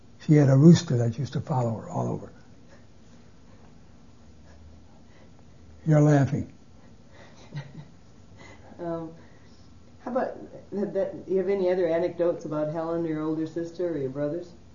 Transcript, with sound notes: She had a rooster that used to follow her all over. You're laughing.
(laughs) Um, how about - do you have any other anecdotes about Helen, your older sister, or your brothers?